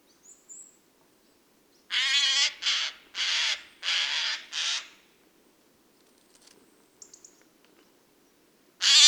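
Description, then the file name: Eurasian jay making a run of five rough, raspy screeches, then a long quiet pause with faint ticks before another harsh call starts. "Garrulus glandarius"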